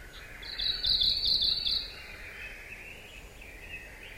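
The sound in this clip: Arctic warbler giving one buzzy, rapid trill on a steady high pitch.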